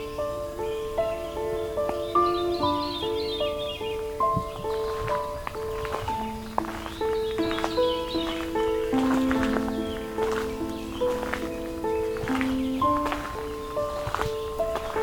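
At Valens Lake in June, overlapping steady calls hold mid-pitched tones that step up and down every second or so, forming a dense, continuous chorus. Short knocks and clicks pop through it throughout, with a sharper one near six and a half seconds.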